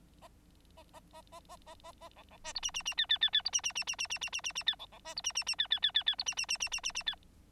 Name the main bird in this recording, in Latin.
Lonchura striata domestica